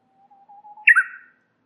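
Warbler phrase opening with soft, broken low whistles, then a sudden loud chirpy flourish that slides downward and fades quickly; no other sounds.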